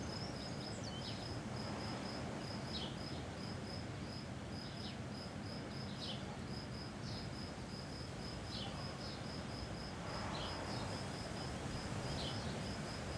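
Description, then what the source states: Cicada delivering a shrill, evenly pulsed buzzing in short runs with brief gaps, over a continuous wind roar. Single cicada hiding in a garden all week; recorded on a day of constant mistral wind blowing through a pine tree.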